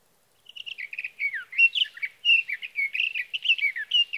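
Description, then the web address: Sage thrasher delivering a hurried, jumbled warble of short whistled phrases that rise and fall, running on to the end. "birdsongforthecurious Sage Thrasher"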